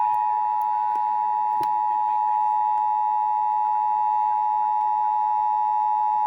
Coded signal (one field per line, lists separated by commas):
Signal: Emergency Alert System (SAME) tones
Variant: 853 and 960 Hz attention tone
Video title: Georgia Monthly's (EAS #476 - #480)